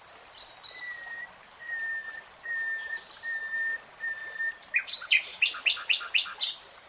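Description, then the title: Nightingale song opening with five long, pure whistles on one steady pitch, then breaking into loud, rapid, sharp clicking notes. Nightingale singing in real time. "[Tiếng chim hót] REALTIME Nightingale Singing"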